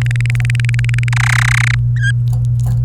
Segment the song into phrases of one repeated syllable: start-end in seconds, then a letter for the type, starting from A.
0.01-1.09 A, 1.13-1.75 B, 2.03-2.11 C